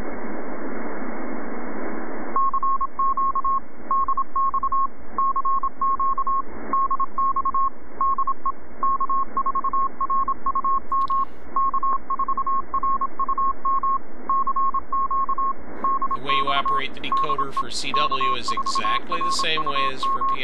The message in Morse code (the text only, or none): CQ DX CQ DX DE K4RUM K4RUM CQ DX DE K4RUM